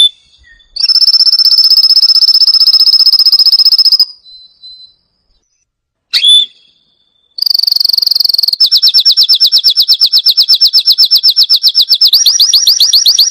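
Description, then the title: Canary song made of fast, even trills of high repeated notes, broken by two short silences before a long sustained rolling trill. Canary singing energetically with a full, varied repertoire; a tutor recording for lovebirds, white-rumped shamas, canaries and leafbirds. "Masteran Kenari Gacor Full Isian Untuk Lovebird, Murai Batu, Kenari, Cucak Ijo"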